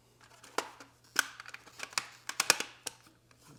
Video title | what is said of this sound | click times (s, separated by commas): Tesla Rear Display and Interior UPGRADES! | heard the clip snapping in snap snap | 1.2 s, 2.5 s